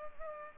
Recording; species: mosquito wingbeat signal from an infrared sensor; Culex pipiens